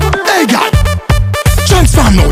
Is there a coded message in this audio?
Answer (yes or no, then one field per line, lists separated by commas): no